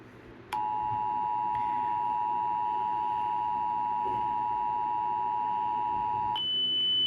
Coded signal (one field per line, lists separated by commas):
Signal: Emergency Alert System (SAME) tones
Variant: 853 and 960 Hz attention tone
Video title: The Creepy Addi (EAS Scenario)